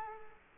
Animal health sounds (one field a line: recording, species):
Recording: mosquito wingbeat signal from an infrared sensor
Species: Culex quinquefasciatus